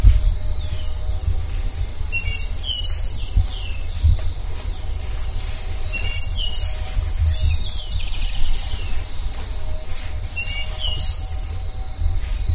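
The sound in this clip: Bird calls: clusters of sharp high chirps and falling whistles about every four seconds, with a continuous low rumbling drone behind.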